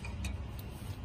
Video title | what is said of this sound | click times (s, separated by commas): How To Replace Damaged Lug Nut BOLTs - Stripped Broken Wheel Studs - Remove, Install, Change/Repair | it just doesn't lock on correctly or in our case the | 0.1 s, 0.2 s, 0.6 s